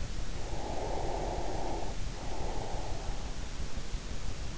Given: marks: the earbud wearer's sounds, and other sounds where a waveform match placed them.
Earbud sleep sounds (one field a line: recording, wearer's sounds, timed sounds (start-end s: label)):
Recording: sounds in sleep by an in-ear microphone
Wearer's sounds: breath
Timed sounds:
0.46-3.08 s: breath